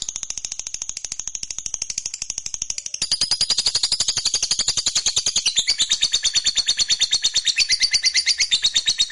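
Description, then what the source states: Lovebird singing a long, fast run of shrill, buzzy chirps, steady and unbroken, growing louder and harsher partway through. Fighter lovebird singing energetically, gacor style.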